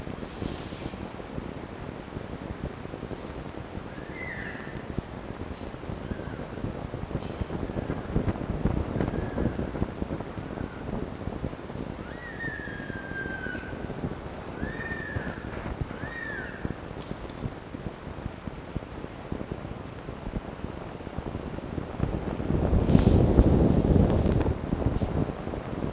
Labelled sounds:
Red Fox
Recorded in captivity
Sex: male
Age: juvenile
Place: Zoologisches Institut der HUB, Berlin, DE
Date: 1954-04-30 10:00
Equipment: Elmetra
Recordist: Tembrock, Günter

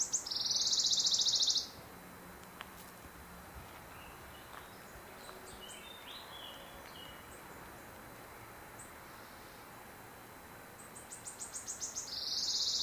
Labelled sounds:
Western Bonelli's Warbler song
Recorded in the wild
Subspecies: bonelli
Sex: male
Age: adult
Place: Pfullingen, an der Talflanke des Echaztals, Schwäbische Alb, Baden-Württemberg, DE
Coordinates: 48.4617, 9.24333
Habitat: forest
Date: 1971-05-26
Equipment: Nagra III PH, MD 211
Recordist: Schneider, Hans-Joachim

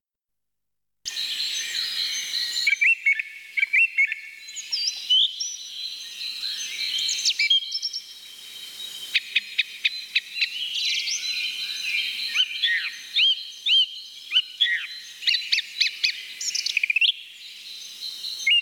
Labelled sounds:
Song Thrush song
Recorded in the wild
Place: Oberrotweil am Kaiserstuhl, Baden-Württemberg, DE
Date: 1985-04-05
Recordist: Schwarz, Dieter

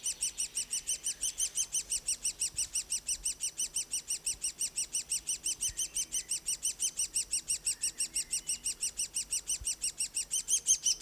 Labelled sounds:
Great Spotted Woodpecker call
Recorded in the wild
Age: juvenile
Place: Bogensee, Barnim, Brandenburg, DE
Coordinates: 52.7714, 13.5294
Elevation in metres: 60
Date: 2004-05-30 15:40
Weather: sonnig, 21-24°C
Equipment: Sony WM-D6C, Sennheiser ME 80, Kopie Uher 4000 Report Monitor
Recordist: Tembrock, Günter

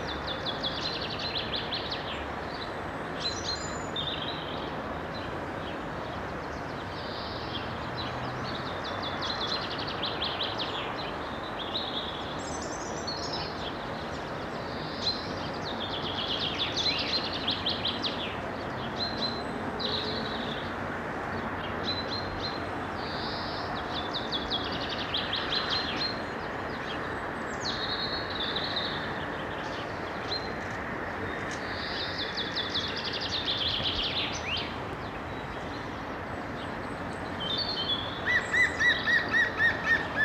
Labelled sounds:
Common Chaffinch song
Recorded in the wild
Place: Locarno, Tessin, CH
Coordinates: 46.1872, 8.7925
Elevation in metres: 1033
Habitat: mountains
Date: 1978-03-10
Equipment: Uher 4000
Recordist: Tretzel, Erwin

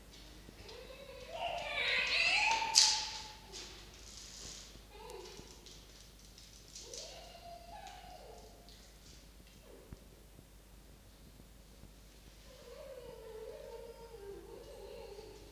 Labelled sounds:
Red Fox
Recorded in captivity
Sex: male
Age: adult
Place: Zoologisches Institut der HUB, Berlin, DE
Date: 1953-01-14 17:05
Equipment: Elmetra
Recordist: Tembrock, Günter

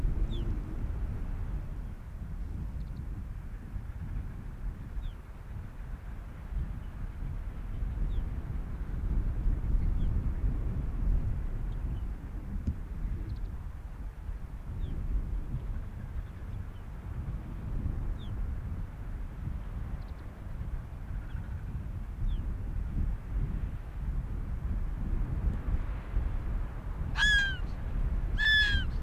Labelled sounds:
Arctic Fox
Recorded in the wild
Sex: male
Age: adult
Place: Insel Mednyi, Kommandeur-Inseln, RU
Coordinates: 54.5167, 168.083
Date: 1999-06-22 18:45
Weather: Nebel, 4°C, z.T. starker Wind
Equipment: Sony WM-D6C, Sennheiser ME 80, Windkorb, Kopie Sony TCD-D8
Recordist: Frommolt, Karl-Heinz

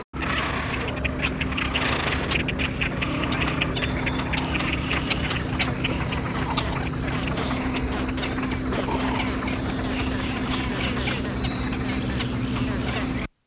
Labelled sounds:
Great Crested Grebe call
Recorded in the wild
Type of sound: call
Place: Schwerin, Mecklenburg-Vorpommern, DE
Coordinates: 53.636, 11.401
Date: 1975-05-09 03:45
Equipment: Nagra III BH, Sennheiser MD 21, parabola
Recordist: Schubert, Michael
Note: Haubentaucher - Kolonie

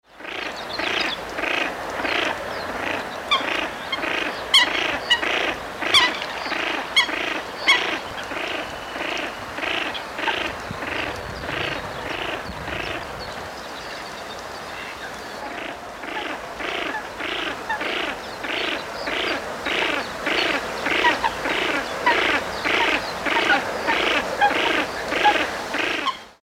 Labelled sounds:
Common Pochard
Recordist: Tembrock, Günter
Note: Weibchen im Schilf, auch Männchen Daneben Bläßhuhn-Weibchen

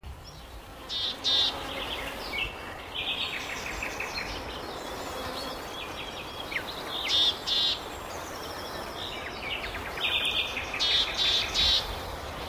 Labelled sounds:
Willow Tit call
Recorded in the wild
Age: adult
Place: Mühlenbecker Land, OT Buchhorst, Naturpark Barnim, Brandenburg, DE
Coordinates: 52.6736, 13.3908
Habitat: pond
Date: 1988-05-01 11:54
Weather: sunny, 17-25°C
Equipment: Nagra SN, Kopie Tesla B 116
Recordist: Tembrock, Günter

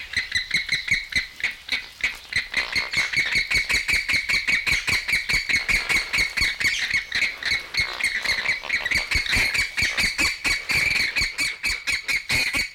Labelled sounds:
James's Flamingo
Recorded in captivity
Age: adult
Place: Zoo Berlin, Berlin, DE
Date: 1994-01-08 11:52
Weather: wolkig bis sonnig, 6 °C
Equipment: Marantz CP 430, Sennheiser MKH 416 T, Kopie Uher Variocord 263
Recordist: Tembrock, Günter

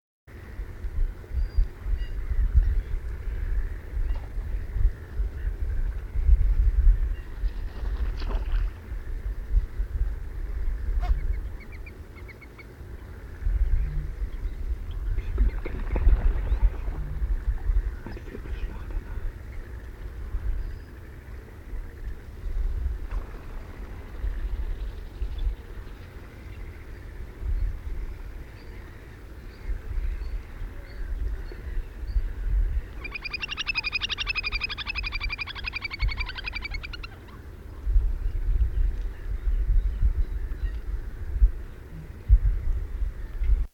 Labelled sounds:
Little Grebe call
Garganey
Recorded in the wild
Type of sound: call
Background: Anas querquedula
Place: Schwerin, Lewitz, Mecklenburg-Vorpommern, DE
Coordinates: 53.636, 11.401
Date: 1972-06-21
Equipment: Nagra III BH, Sennheiser MD 21, parabola
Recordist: Schubert, Michael
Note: Triller Zwergtaucher-Paar, Knäkente fällt ein, macht dann noch einen Flügelschlag; Triller Zwertaucher

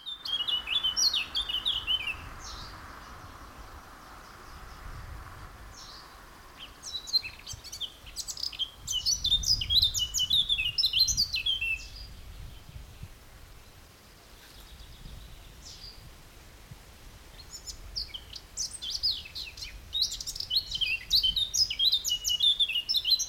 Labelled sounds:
Eurasian Blackcap
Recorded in the wild
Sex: male
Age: adult
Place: Blankenfelde, Berlin, DE
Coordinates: 52.625, 13.404
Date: 1992-05-23 10:09
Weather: sonnig, 20-24°C, böiger Ost-Wind
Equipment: Nagra SN, Mikrofon AKG CK 8, Kopie Tesla B 116
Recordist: Tembrock, Günter

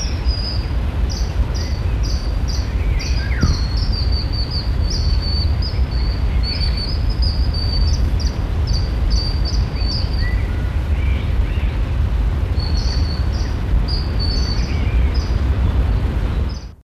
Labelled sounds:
Common Kingfisher call
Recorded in the wild
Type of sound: call
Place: Meisendorf, Niedersachsen, DE
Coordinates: 52.7206, 9.82585
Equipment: Halbspur, 9,5 cm/s
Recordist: Lütgens, Hans
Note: Rufe

